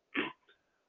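One brief, harsh throat-clearing burst from a 58-year-old man with dysphagia (swallowing difficulty) after a Wallenberg syndrome stroke.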